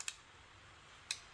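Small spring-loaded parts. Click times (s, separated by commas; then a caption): 0.1 s, 1.1 s. The spring-loaded carbon brushes of an ACDelco alternator, held back by a retaining wire, are released onto the armature slip rings after the alternator halves are bolted together. Two sharp, bright clicks sound at 0.1 s and 1.1 s as the brushes snap forward. They seat on the slip rings where they belong.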